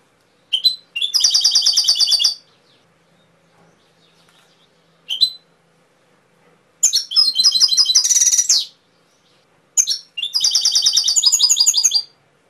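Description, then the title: Canary giving several trilled phrases, some preceded by a single sharp chip, one including a harsh buzzy burst, with pauses between. Canary training (masteran) recording, full isian style. "mster Mnuk. Masteran Kenari"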